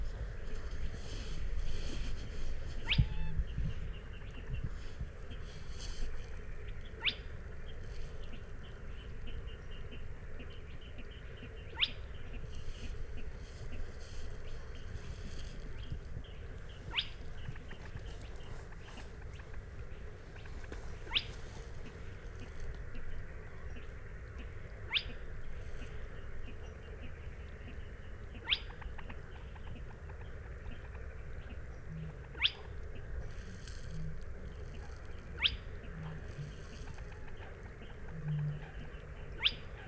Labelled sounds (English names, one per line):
Spotted Crake song